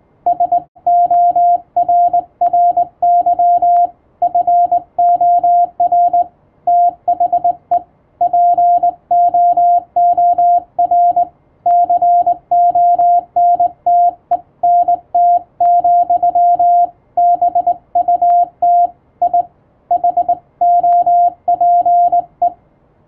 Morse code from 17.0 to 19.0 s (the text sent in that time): BUT